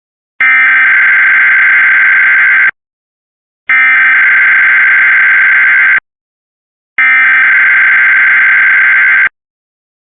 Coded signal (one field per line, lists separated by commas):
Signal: Emergency Alert System (SAME) tones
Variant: header bursts